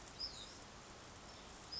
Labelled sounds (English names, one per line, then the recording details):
Hutton's Vireo
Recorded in Sonoma County, California